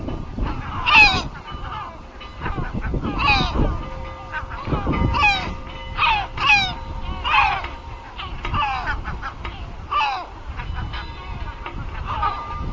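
Great black-backed gull calls, hoarse honking cries in irregular clusters, over a low rumbling background noise.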